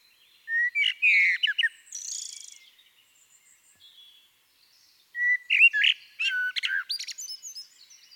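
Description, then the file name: Eurasian blackbird song: two phrases, each a low fluty warble sliding into a scratchy high twitter, separated by a pause of a few seconds. "Turdus merula"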